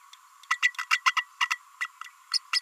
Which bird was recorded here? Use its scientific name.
Forpus passerinus